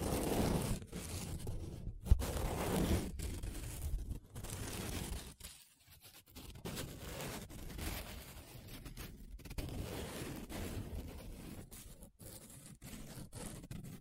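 Paper is rubbed and scratched in long, continuous strokes, a dense rough scraping that sits mostly low with a fainter hiss above. Short breaks cut in every second or so, with a longer pause near six seconds, and the strokes then resume.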